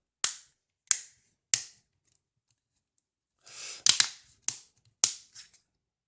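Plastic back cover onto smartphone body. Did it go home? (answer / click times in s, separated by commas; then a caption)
yes / 0.2 s, 0.9 s, 1.5 s, 3.9 s, 4.0 s, 5.0 s. A plastic back cover is pressed around its edges onto the body of an Elephone A1 smartphone, its clips snapping into place one after another. Sharp, bright clicks land at 0.2, 0.9, 1.5, 3.9, 4.0 and 5.0 seconds, with a short rustle just before the pair near 4 seconds. The cover ends up clipped home all around, fully seated.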